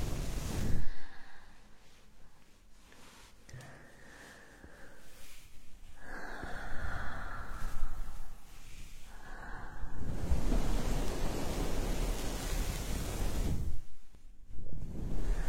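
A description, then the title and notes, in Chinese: Ear massage: soft rubbing and brushing strokes that come and go in waves. A sharper swish near the start, quieter gliding passages in the middle, then a denser, louder stretch of rustling friction before a brief pause near the end. 按摩耳朵刺激大脑。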